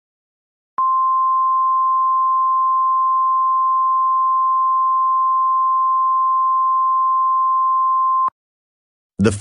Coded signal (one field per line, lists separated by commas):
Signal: Emergency Alert System (SAME) tones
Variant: 1050 Hz attention tone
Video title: EAS Scenario #46 Burning Moon